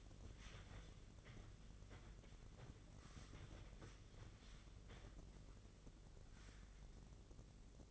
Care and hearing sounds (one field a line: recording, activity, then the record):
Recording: daily activity, microphone in the room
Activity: wipe stove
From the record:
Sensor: 4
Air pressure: 1013.2 hPa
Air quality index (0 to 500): 177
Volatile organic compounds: 2 ppm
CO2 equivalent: 1116 ppm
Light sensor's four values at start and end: 98/246/101/107 and 97/244/101/107